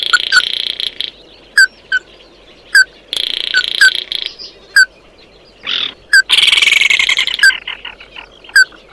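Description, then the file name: Bird calls: short sharp chirps repeated irregularly, broken by bursts of harsh buzzy chatter and a louder scratchy rattle near the end. "Tieng chim mat do"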